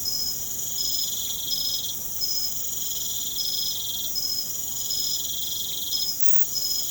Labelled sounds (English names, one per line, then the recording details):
none
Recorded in pastures near Puerto Asís, Putumayo, Colombia, on 30 June 2025 at 02:00
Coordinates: 0.472, -76.331
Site G095